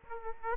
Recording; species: mosquito wingbeat signal from an infrared sensor; Aedes aegypti